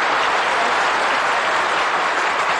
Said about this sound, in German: klatschte vor Begeisterung in die Hände.